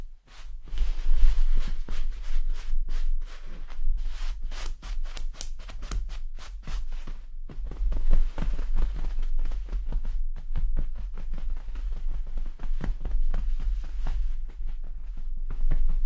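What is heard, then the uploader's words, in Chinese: Pillow and quilt fabric rubbing, with soft repeated rustling swishes throughout, a brief pause near seven seconds, over a low steady hum. 枕头、被子摩擦。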